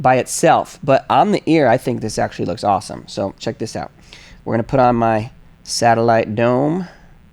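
A man talks while handling a soft silicone satellite dome that is about to be pushed onto a hearing aid's receiver tip, where it should click so it does not come off in the ear canal. Only speech is heard, with no sharp hits. Nothing has seated or clicked yet.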